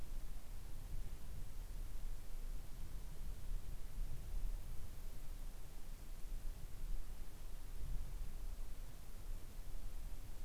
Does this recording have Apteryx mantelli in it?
no